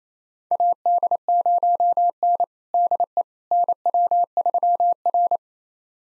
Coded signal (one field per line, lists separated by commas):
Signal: Morse code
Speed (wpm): 28 wpm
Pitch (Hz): 700 Hz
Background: none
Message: AD0N DE NW3R